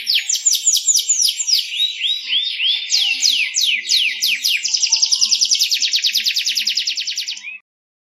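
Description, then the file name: Canary song, a string of swooping downslurred whistles that turns into a fast, even buzzy trill before stopping abruptly near the end. A kept bird. "audio kenari kenzo milik om ujang misbach"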